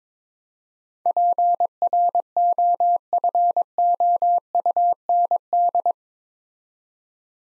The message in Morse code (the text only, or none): PROFOUND